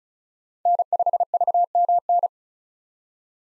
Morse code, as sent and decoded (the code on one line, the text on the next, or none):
-. ..... ...- -- -.
N5VMN